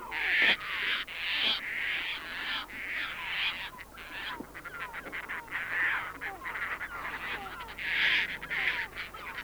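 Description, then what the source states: Caspian Tern uttering a series of grating, raspy cries. Field recording in Sweden.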